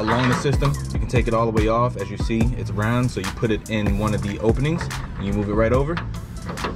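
A tie-down ring fitting, rated at 1,000 pounds, is slid along an aluminium L-track rail in a truck bed, dropped into one of the openings and moved over it while someone talks throughout. Nothing has clicked or seated into place yet by the end of the clip.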